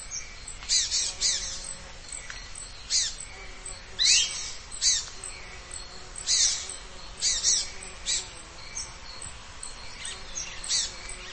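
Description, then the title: Bird song in short, bright, high-pitched bursts at irregular intervals, with background hiss throughout. "LuckyPassaro Completos2Sama"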